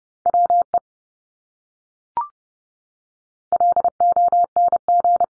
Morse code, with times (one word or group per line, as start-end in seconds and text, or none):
0.3-0.8 WE
3.5-5.2 LONG